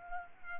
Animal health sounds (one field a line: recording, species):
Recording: mosquito wingbeat signal from an infrared sensor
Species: Culex pipiens